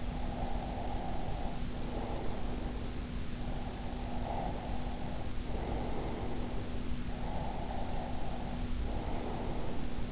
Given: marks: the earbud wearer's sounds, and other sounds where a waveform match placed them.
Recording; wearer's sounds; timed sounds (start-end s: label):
sounds in sleep by an in-ear microphone; breath
0.00-3.08 s: breath
3.31-6.92 s: breath
7.09-10.12 s: breath